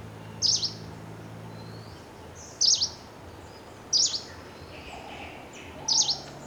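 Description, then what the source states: Green warbler calls: four short, very high, sharp double-noted chips, spaced a second or two apart over a steady background hiss. Recorded at Tanamalwila, Sri Lanka, on 14 January 2016.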